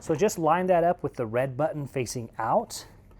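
A plastic hose attachment is lined up with the water and vacuum ports on a Bissell Revolution HydroSteam carpet cleaner, red button facing out, while someone talks. The clip ends just before it is pressed down; nothing has clicked or seated yet.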